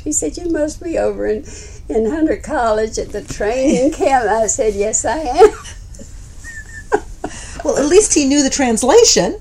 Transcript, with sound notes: He said, "You must be over at Hunter College at the training camp." I said, "Yes, I am." (laughs)
Well, at least he knew the translation.